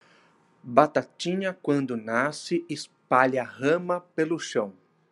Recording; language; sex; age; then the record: short text; Brazilian Portuguese; male; 40 to 49 years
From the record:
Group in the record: control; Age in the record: 41 years